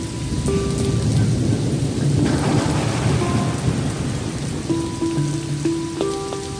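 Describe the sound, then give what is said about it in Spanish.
Steady, heavy rain hisses throughout while deep thunder rumbles underneath, loud and continuous for the whole stretch with no voices. “Me encanta el ruido del trueno.”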